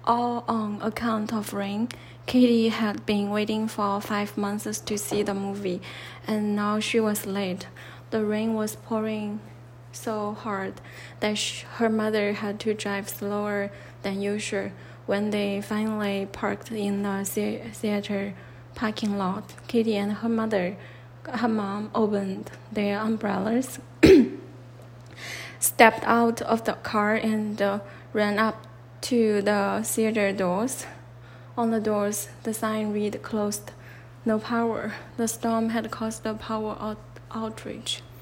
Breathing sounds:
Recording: reading aloud after running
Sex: female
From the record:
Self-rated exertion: light exertion (2 of 6)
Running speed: 6 miles an hour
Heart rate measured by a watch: 101 beats a minute at the start, 105 at the end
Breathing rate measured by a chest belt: 22 breaths a minute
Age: 30 years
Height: 160 cm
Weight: 51 kg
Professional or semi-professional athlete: no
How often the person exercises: 3 to 5 times a week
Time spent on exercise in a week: over 5 hours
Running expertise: no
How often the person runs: 3 to 5 times a week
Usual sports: running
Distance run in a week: 60 km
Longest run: 42 km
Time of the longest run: 267 minutes

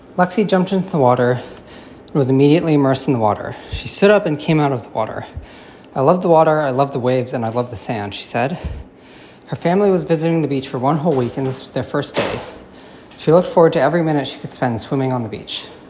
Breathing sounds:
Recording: reading aloud after running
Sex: male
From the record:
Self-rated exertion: very hard exertion (5 of 6)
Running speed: 7 miles an hour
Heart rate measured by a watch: 160 beats a minute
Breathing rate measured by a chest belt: 25 breaths a minute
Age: 21 years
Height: 168 cm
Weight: 61 kg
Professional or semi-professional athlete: no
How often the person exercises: under once a week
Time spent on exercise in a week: 1 to 2 hours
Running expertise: yes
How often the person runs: under once a week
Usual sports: running, hiking, soccer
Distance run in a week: 0 km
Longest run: 10 km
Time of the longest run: 50 minutes

